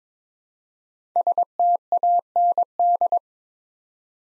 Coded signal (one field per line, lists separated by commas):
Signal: Morse code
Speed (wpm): 23 wpm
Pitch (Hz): 700 Hz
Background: none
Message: STAND